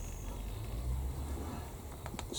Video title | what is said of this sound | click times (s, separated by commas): King Tiger Turret Basket | snap into place there well and | 2.1 s, 2.2 s